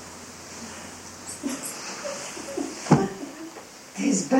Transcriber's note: There is laughter as looks at the foot She is holding up